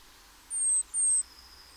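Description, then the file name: Great tit calls: two drawn-out, very high, thin whistled notes in quick succession, followed by a fainter lower whistle. "Parus major"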